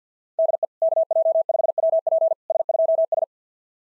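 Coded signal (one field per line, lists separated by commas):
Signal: Morse code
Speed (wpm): 52 wpm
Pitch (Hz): 650 Hz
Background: none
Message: DE KJ5WP S2S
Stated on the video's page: Morse practice at 50 wpm: simulated SOTA QSO exchanges, sent, spoken, then sent again.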